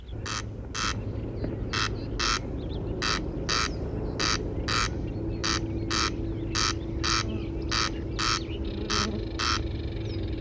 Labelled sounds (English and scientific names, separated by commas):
Corn Crake (Crex crex) call